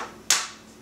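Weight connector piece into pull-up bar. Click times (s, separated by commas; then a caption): 0.3 s. A metal weight-attachment connector piece is pushed into a pull-up bar and seats with a strong, sharp click at 0.3 s. The broadband snap is much louder than the faint noise before it and fades over about a quarter second. The connector is confirmed seated.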